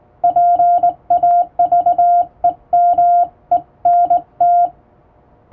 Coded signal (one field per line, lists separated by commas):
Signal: Morse code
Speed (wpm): 20 wpm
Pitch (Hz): 700 Hz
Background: radio noise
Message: PAVEMENT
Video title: 【モールス教室、縦振り電鍵でモールス符号を打ちました】手打ちで綺麗に打てるとカッコイイかも！欧文モールス符号を打ってみました！再生速度を調整して聴いてみよう(morse code practice)